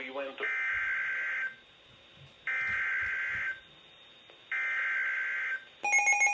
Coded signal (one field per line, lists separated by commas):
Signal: Emergency Alert System (SAME) tones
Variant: header bursts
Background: speech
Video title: Severe thunderstorm warning (EAS #94) 8-16-20 at 5:33PM